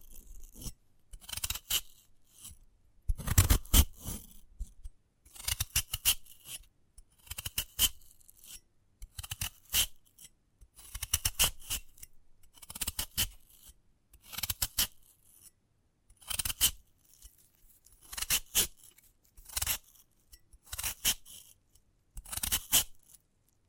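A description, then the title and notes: A sprouted coconut being handled, heard as a run of short scratchy, scraping bursts spaced a second or two apart over the whole stretch. Each burst is crisp and bright with brief rasping strokes, and the gaps between them fall nearly silent. ASMR of a Sprouted Coconut (No Talking).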